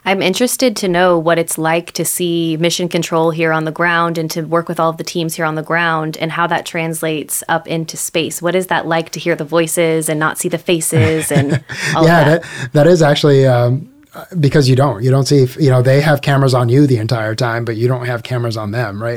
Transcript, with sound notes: I’m interested to know what it’s like to see Mission Control here on the ground and to work with all the teams here on the ground and how that translates up into space. What is that like to hear the voices and not see the faces and all that?
[Laughs] Yeah. That is actually because you don’t see, you know, they have cameras on you the entire time, but you don’t have cameras on them, right?